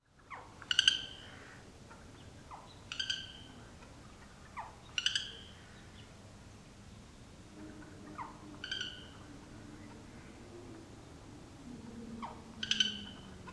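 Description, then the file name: Eurasian jay calls: short, sharp, ringing notes with a bright harmonic edge, given two to four seconds apart in a series of five, over a quiet low background hum. "Garrulus glandarius"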